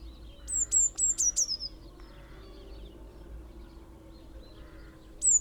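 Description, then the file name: Eurasian blue tit, a brief series of four sharp, very high descending notes, then a pause and one more high note at the end. "Cyanistes caeruleus"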